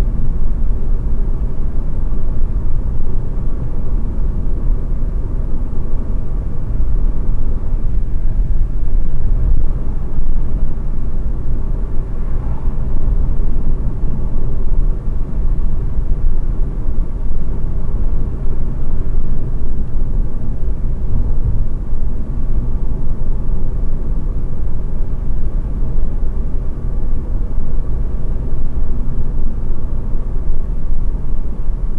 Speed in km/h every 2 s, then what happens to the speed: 88, 88, 88, 91, 92, 92, 92, 89, 90, 84, 84, 83, 84, 86, 86, 84.
0-13 steady at about 91. 13-18 slows to 84. 18-32 steady at about 84.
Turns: none.